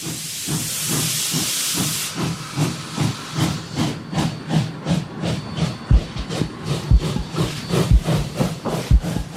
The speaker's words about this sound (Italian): È la mattina del 16 aprile 1853 e tra l'immensa distesa della città di Mumbai, che allora si chiama ancora Bombay, e le gole di Thane, l'India ascolta qualcosa di inaudito. È lo sbuffo del primo treno passeggeri della storia indiana.